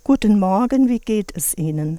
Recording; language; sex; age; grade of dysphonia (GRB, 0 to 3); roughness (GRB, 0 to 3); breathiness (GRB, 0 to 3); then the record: spoken sentence; German; female; 60 to 69 years; 2; 1; 1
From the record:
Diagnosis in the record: psychogenic dysphonia, dysodia (singing voice disorder); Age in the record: 62 years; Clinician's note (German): Funktionell